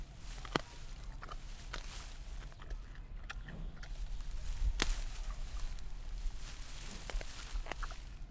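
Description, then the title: Giant panda feeding on bamboo: sharp stalk snaps, one especially loud crack near the middle, between quieter rustling crunches over a constant low hum. Eating bamboo in Sichuan, China. "熊猫吃竹子2-中国四川"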